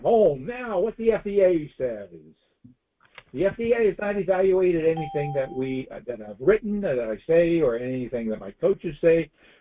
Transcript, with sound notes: Now, what the FDA says... The FDA has not evaluated anything (bell dings) that we... uh, that I've written or that I say or anything that my coaches say.